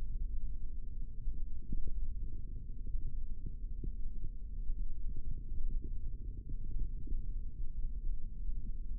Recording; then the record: forearm muscle sounds (acoustic myography)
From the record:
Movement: hand opening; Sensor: system 3, bracelet of six PUI Audio POM-2738L microphones around the upper forearm, with dedicated amplification and filtering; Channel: 3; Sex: male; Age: 25 years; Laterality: right